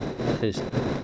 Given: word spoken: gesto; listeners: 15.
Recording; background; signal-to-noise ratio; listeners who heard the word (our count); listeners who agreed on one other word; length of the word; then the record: one Spanish word in noise, from a listening test; noise modulated by three-talker babble; -3.9 dB; 0 of 15; 7 of 15; 0.64 s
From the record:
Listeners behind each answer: 7, 3, 1, 1, 1, 1, 1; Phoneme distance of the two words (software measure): 10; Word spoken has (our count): 2 syllables, 5 phonemes, stress on syllable 1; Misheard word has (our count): 2 syllables, 5 phonemes, stress on syllable 1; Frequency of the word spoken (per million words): 71.08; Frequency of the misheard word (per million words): 2.35